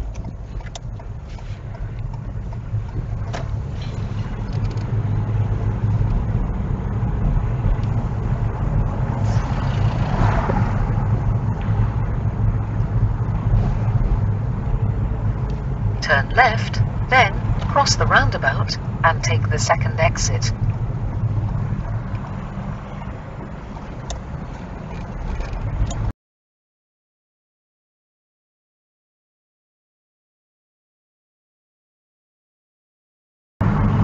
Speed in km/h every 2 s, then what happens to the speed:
8, 11, 18, 19, 19, 19, 18, 16, 15, 15, 8, 3, 10, 16, 23, 26, 29.
0-5 speeds up to 19. 5-10 steady at about 19. 10-22 slows to 3. 22-34 speeds up to 29.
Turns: none.